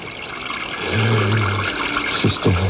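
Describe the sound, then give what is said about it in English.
Water is poured in a steady rushing stream, a low hollow tone swelling under the splash, then a couple of quick gurgling glugs at the end. No one speaks. “I'll get water.”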